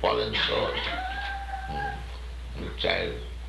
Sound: child crying

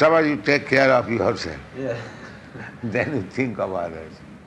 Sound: chuckles

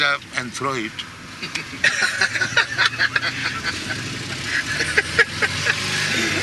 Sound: laughter

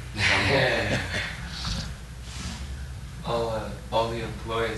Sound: chuckles

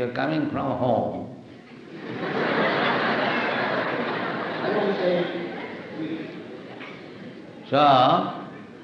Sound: laughter

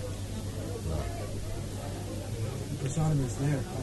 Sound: crowd can be heard in background

